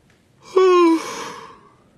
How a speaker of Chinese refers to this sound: 他目光犀利地盯着哈利，哈利毫不掩饰地打了个大大的哈欠。